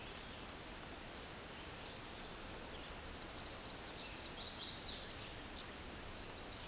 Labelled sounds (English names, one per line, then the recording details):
Chestnut-sided Warbler song
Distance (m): 40 m
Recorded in a Pennsylvania forest on 17 May 2023 at 11:52
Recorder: AudioMoth, point grid1_24_low
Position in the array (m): 121 m, 208 m